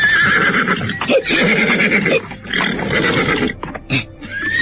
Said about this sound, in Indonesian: Ketika kuda itu melewati sebuah jalan yang menikung ke arah selatan, tiba-tiba saja kuda itu meringkik ketakutan sambil menghentakkan kedua kaki depannya ke atas.